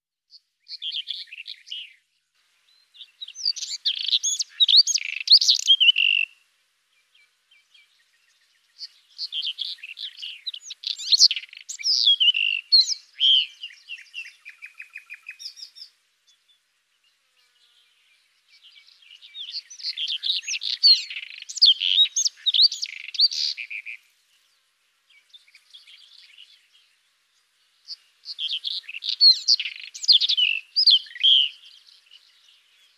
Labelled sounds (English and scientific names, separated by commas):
White-throated Robin (Irania gutturalis) song